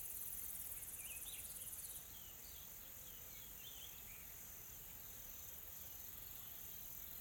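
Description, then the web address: Insects keep up a shrill high drone that drops slightly in level early on, with scattered quick chirps. Calm, soft insect ambience recorded in a tropical forest in South Africa. "Smart Sound FX - Nature South Africa AMBIENCE Additional Tropical Forest Soft Insects Calm"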